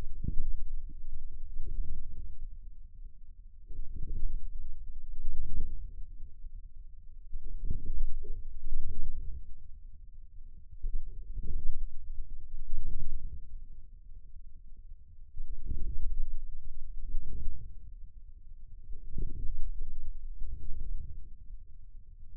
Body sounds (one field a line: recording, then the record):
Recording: forearm muscle sounds (acoustic myography)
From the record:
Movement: inward rotation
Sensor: system 2, bracelet of six BSWA MPA416 microphones around the upper forearm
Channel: 1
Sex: male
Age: 22 years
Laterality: right